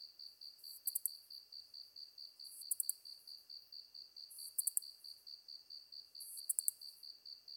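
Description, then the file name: Ezo katydid giving shrill, hissing bursts tipped with a short run of ticks, evenly spaced, over a regular rapid pulsed chirring. Recorded 23 August 2010 at 21:31. "ezotuyumusi-20100823-2131"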